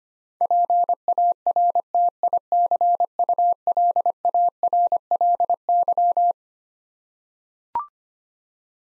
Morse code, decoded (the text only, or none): PARTICULARLY